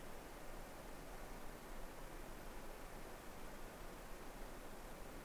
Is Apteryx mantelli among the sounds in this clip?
no